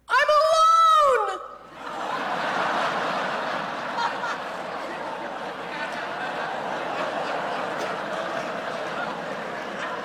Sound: laughter